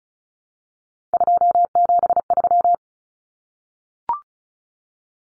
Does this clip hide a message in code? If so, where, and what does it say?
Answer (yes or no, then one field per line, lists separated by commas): yes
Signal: Morse code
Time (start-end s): 1.1-2.7 s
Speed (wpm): 34 wpm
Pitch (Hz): 700 Hz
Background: none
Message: 273